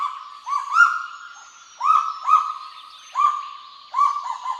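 Kagu giving held tonal calls with strong harmonics, some doubled, with quiet gaps between them.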